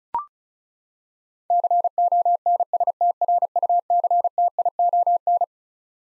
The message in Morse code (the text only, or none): CONSTRUCTION